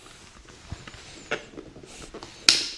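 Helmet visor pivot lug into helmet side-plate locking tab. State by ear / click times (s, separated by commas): seated / 2.5 s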